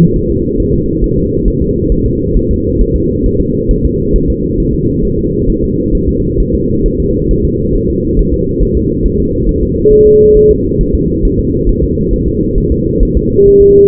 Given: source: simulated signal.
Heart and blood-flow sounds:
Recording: fetal heart sounds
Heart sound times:
0.16 s: S1
0.31 s: S2
0.60 s: S1
0.74 s: S2
1.04 s: S1
1.18 s: S2
1.48 s: S1
1.62 s: S2
1.92 s: S1
2.06 s: S2
2.37 s: S1
2.51 s: S2
2.81 s: S1
2.96 s: S2
3.26 s: S1
3.41 s: S2
3.71 s: S1
3.85 s: S2
4.16 s: S1
4.30 s: S2
4.60 s: S1
4.74 s: S2
5.05 s: S1
5.19 s: S2
5.50 s: S1
5.64 s: S2
5.95 s: S1
6.09 s: S2
6.40 s: S1
6.55 s: S2
6.86 s: S1
7.00 s: S2
7.31 s: S1
7.45 s: S2
7.76 s: S1
7.90 s: S2
8.19 s: S1
8.34 s: S2
8.63 s: S1
8.77 s: S2
9.06 s: S1
9.20 s: S2
9.49 s: S1
9.63 s: S2
9.93 s: S1
10.07 s: S2
10.37 s: S1
10.51 s: S2
10.81 s: S1
10.95 s: S2
11.25 s: S1
11.39 s: S2
11.69 s: S1
11.84 s: S2
12.14 s: S1
12.28 s: S2
12.58 s: S1
12.72 s: S2
13.03 s: S1
13.17 s: S2
13.48 s: S1
13.62 s: S2
From the record:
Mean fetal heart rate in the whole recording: 135 bpm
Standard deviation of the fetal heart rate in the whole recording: 3 bpm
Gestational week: 36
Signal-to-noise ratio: -10.2 dB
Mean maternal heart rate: 72 bpm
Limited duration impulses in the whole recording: present

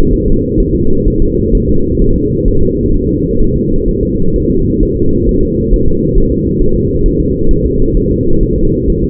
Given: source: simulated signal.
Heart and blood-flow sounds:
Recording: fetal heart sounds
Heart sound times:
0.13 s: S1
0.28 s: S2
0.60 s: S1
0.75 s: S2
1.08 s: S1
1.22 s: S2
1.55 s: S1
1.69 s: S2
2.02 s: S1
2.16 s: S2
2.48 s: S1
2.63 s: S2
2.95 s: S1
3.09 s: S2
3.41 s: S1
3.56 s: S2
3.88 s: S1
4.03 s: S2
4.36 s: S1
4.50 s: S2
4.83 s: S1
4.97 s: S2
5.29 s: S1
5.43 s: S2
5.74 s: S1
5.88 s: S2
6.18 s: S1
6.32 s: S2
6.62 s: S1
6.76 s: S2
7.06 s: S1
7.20 s: S2
7.51 s: S1
7.66 s: S2
7.97 s: S1
8.12 s: S2
8.43 s: S1
8.58 s: S2
8.90 s: S1
9.04 s: S2
From the record:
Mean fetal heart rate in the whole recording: 130 bpm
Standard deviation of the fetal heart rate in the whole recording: 4 bpm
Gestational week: 38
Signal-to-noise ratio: -17.7 dB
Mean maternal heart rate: 72 bpm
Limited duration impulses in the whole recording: present

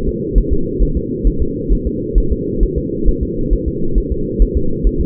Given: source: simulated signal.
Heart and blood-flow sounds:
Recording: fetal heart sounds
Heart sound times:
0.09 s: S2
0.38 s: S1
0.53 s: S2
0.83 s: S1
0.97 s: S2
1.27 s: S1
1.42 s: S2
1.73 s: S1
1.87 s: S2
2.18 s: S1
2.32 s: S2
2.63 s: S1
2.78 s: S2
3.09 s: S1
3.23 s: S2
3.53 s: S1
3.68 s: S2
3.98 s: S1
4.12 s: S2
4.42 s: S1
4.57 s: S2
4.87 s: S1
5.01 s: S2
From the record:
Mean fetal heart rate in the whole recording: 135 bpm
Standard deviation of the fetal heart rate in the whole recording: 3 bpm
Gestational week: 36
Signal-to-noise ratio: -8.1 dB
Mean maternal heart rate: 72 bpm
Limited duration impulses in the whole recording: absent

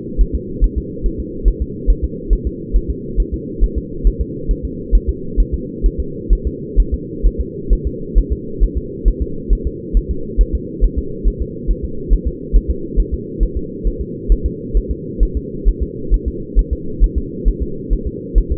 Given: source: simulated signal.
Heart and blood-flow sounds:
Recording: fetal heart sounds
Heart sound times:
0.21 s: S1
0.35 s: S2
0.64 s: S1
0.78 s: S2
1.06 s: S1
1.20 s: S2
1.48 s: S1
1.62 s: S2
1.90 s: S1
2.04 s: S2
2.33 s: S1
2.47 s: S2
2.76 s: S1
2.90 s: S2
3.20 s: S1
3.34 s: S2
3.64 s: S1
3.78 s: S2
4.07 s: S1
4.21 s: S2
4.51 s: S1
4.65 s: S2
4.95 s: S1
5.09 s: S2
5.40 s: S1
5.54 s: S2
5.86 s: S1
6.00 s: S2
6.33 s: S1
6.47 s: S2
6.80 s: S1
6.94 s: S2
7.26 s: S1
7.41 s: S2
7.73 s: S1
7.87 s: S2
8.18 s: S1
8.32 s: S2
8.63 s: S1
8.78 s: S2
9.08 s: S1
9.22 s: S2
9.53 s: S1
9.67 s: S2
9.97 s: S1
10.11 s: S2
10.41 s: S1
10.55 s: S2
10.84 s: S1
10.98 s: S2
11.28 s: S1
11.42 s: S2
11.70 s: S1
11.85 s: S2
12.13 s: S1
12.28 s: S2
12.56 s: S1
12.70 s: S2
13.00 s: S1
13.14 s: S2
13.43 s: S1
13.57 s: S2
13.87 s: S1
14.01 s: S2
14.32 s: S1
14.46 s: S2
14.77 s: S1
14.91 s: S2
15.23 s: S1
15.37 s: S2
15.69 s: S1
15.82 s: S2
16.14 s: S1
16.28 s: S2
16.59 s: S1
16.73 s: S2
17.04 s: S1
17.18 s: S2
17.48 s: S1
17.62 s: S2
17.93 s: S1
18.07 s: S2
18.38 s: S1
18.52 s: S2
From the record:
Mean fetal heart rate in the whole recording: 135 bpm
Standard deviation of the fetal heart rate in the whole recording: 3 bpm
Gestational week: 36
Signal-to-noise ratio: -4.3 dB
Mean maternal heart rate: 72 bpm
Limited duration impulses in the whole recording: absent

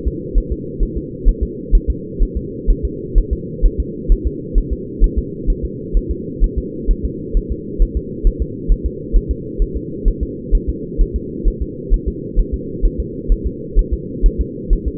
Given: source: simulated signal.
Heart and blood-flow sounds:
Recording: fetal heart sounds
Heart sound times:
0.08 s: S2
0.38 s: S1
0.52 s: S2
0.83 s: S1
0.97 s: S2
1.28 s: S1
1.43 s: S2
1.75 s: S1
1.90 s: S2
2.23 s: S1
2.37 s: S2
2.70 s: S1
2.85 s: S2
3.18 s: S1
3.33 s: S2
3.66 s: S1
3.80 s: S2
4.12 s: S1
4.27 s: S2
4.58 s: S1
4.73 s: S2
5.04 s: S1
5.19 s: S2
5.50 s: S1
5.65 s: S2
5.97 s: S1
6.11 s: S2
6.44 s: S1
6.58 s: S2
6.91 s: S1
7.05 s: S2
7.37 s: S1
7.52 s: S2
7.82 s: S1
7.97 s: S2
8.27 s: S1
8.42 s: S2
8.72 s: S1
8.86 s: S2
9.16 s: S1
9.31 s: S2
9.62 s: S1
9.77 s: S2
10.08 s: S1
10.23 s: S2
10.55 s: S1
10.69 s: S2
11.01 s: S1
11.16 s: S2
11.48 s: S1
11.62 s: S2
11.94 s: S1
12.08 s: S2
12.39 s: S1
12.54 s: S2
12.85 s: S1
13.00 s: S2
13.32 s: S1
13.47 s: S2
13.79 s: S1
13.94 s: S2
14.26 s: S1
14.41 s: S2
14.73 s: S1
14.88 s: S2
From the record:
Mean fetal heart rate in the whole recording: 130 bpm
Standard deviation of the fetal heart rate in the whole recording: 2 bpm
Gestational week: 38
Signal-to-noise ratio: -4.1 dB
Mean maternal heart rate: no maternal heart sound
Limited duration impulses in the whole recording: absent

